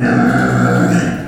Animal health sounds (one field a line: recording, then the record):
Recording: squeal of a Yucatan mini pig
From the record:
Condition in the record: after surgery on the right vocal fold (resection and tissue-engineered implant)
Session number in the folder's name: 3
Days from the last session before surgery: 21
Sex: female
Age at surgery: 19 weeks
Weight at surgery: 25 kg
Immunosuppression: prednisolone